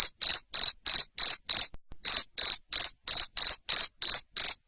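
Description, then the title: Cricket uttering bright, high chirps in a quick regular sequence, about three per second, with one short pause midway. Loud cricket chirping played to make lovebirds sing continuously. "Suara JANGKRIK NGERIK Keras Bikin LOVEBIRD Jadi NGEKEK Terus"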